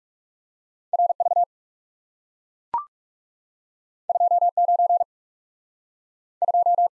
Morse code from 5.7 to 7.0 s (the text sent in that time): 2